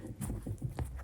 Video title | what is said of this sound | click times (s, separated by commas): Dyson vacuum starts then stops - MOST Common Causes | And you should hear clicking, | 0.6 s, 0.8 s